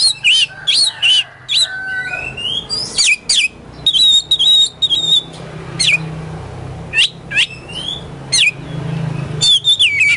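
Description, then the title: Oriental magpie-robin giving clear, piercing whistled notes and swooping slurs in quick separate bursts, some repeated in rapid series, with a faint low hum beneath. Kacer poci competition bird in full song (gacor), national champion; song styles nembak and ngerol; seven kinds of kacer sounds every three minutes. "Kacer Poci Gacor Nembak Dan Ngerol Juara Nasional. 7 macam suara kacer setiap 3 menit"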